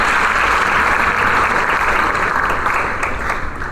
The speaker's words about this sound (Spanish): El público termina de aplaudir, la orquesta se pone de pie, las luces se encienden.